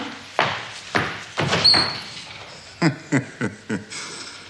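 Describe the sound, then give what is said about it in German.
A second door, with a toilet behind it, is opened: a few heavy knocks and bumps, a short high hinge squeak, then a quick run of sharp clicks and rattles as the latch and handle work. No voices are heard. “Siehst du, nur eine armselige Toilette steckt hinter dieser zweiten Tür.”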